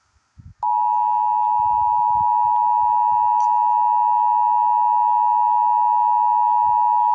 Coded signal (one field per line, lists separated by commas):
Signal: Emergency Alert System (SAME) tones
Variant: 853 and 960 Hz attention tone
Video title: EMERGENCY ALERT SYSTEM